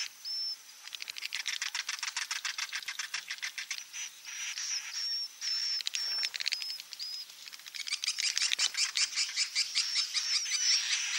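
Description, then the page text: Swiftlet twittering: dense, rapid, clicking chatter under a repeated high, thin whistled tone. Roosting ('inap') lure call, style named 'INAP BJA', played to attract swiftlets to swiftlet houses. "Suara Burung Walet sufar sinar 77 Suara Panggil, Suara Inap Dan Tarik. INAP BJA"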